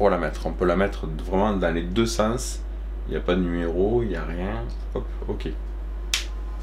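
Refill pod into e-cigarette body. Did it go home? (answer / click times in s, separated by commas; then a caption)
yes / 6.1 s. Someone talks while pushing a plastic refill pod into a Vype e-cigarette pen body. A sharp snap at 6.1 s marks the pod clipping in, and it seats easily.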